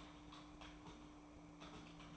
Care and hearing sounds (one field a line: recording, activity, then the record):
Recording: daily activity, microphone in the room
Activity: typing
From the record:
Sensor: 1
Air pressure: 1000.2 hPa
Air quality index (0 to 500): 141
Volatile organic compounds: 3 ppm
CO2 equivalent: 1329 ppm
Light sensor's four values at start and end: 30/75/32/38 and 30/75/32/38